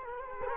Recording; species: mosquito wingbeat signal from an infrared sensor; Culex quinquefasciatus